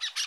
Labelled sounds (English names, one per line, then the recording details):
Brown-throated Parakeet contact call
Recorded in Bonaire
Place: 1 km N of power plant, rd to Republiek
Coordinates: 12.184, -68.285